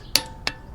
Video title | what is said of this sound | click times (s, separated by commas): GOYOJO 1/2-Inch Drive Industrial Precision Torque Wrench, 50-350Nm/25-250FT.LB Dual-Direction | and they are so there's no need to pull anymore once you hear that click | 0.2 s